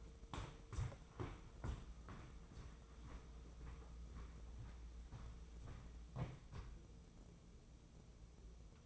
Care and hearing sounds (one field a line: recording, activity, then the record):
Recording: daily activity, microphone in the room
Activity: walk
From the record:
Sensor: 1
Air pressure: 996.0 hPa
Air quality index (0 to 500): 241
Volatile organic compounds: 1000 ppm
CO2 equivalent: 7032 ppm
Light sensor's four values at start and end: 37/94/39/48 and 39/96/41/49